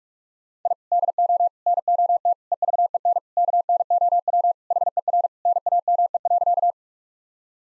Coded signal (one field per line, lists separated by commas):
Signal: Morse code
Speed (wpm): 46 wpm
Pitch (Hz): 700 Hz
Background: none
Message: I DO NOT EVEN KNOW HER NAME.